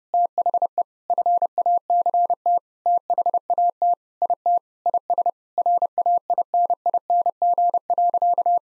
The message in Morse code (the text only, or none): THE FACT THAT IT IS RAINING.